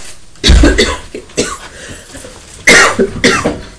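A mother coughs indoors: about four harsh, explosive coughs in under four seconds, grouped in two pairs with a brief pause between. Each burst is loud and rough with a low thud at the start. An ordinary adult cough.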